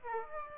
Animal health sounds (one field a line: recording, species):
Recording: mosquito wingbeat signal from an infrared sensor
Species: Aedes aegypti